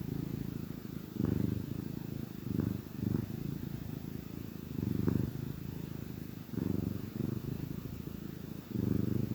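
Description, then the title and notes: Cat purring, low throbbing rumble in breath-length bursts with short quiet gaps between them. Gentle purrs of a contented cat. "Cat Cafe Purr-Finale. the gentle purrs of a contented cat"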